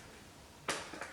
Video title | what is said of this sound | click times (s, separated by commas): Nerf modulus regulator démo et présentation en français FR HD | qui vient se clipser ici. | 0.7 s